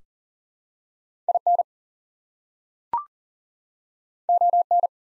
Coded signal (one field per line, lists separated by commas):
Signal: Morse code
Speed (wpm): 40 wpm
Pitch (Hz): 700 Hz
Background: none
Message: IN ON